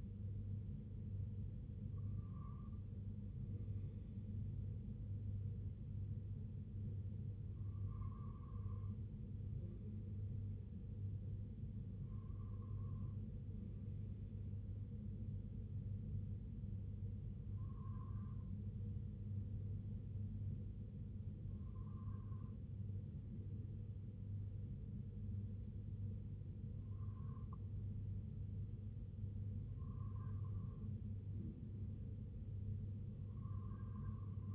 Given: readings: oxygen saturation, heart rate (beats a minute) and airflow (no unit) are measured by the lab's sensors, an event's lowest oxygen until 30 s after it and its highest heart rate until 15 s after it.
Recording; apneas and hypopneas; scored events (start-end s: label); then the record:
breathing in sleep by a smartphone at the bedside; none
none scored
From the record:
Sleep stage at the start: REM sleep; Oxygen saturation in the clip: 94 to 96%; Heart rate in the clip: 60 to 72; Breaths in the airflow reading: 6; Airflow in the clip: -4.6 to 2.5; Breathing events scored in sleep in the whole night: 258 in 7.4 hours asleep